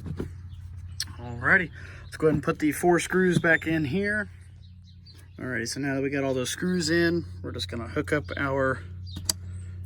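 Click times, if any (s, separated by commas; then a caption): 9.3 s. Someone talks while a wiring harness electrical connector is pushed onto the back of the headlight assembly socket on a 2014-2015 GMC Sierra during headlight replacement. A sharp click at 9.3 s marks the connector seating in.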